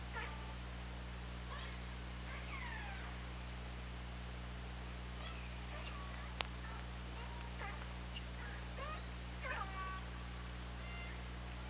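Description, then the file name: Orca calls, several harmonic downsweeping squeals around two to three seconds and again near nine seconds, with scattered clicks and a sharp click near six seconds over a steady low hum. OrcaLab hydrophone recording, 24 August 2017, 20:21:32. "Orca Lab 20170824 202132"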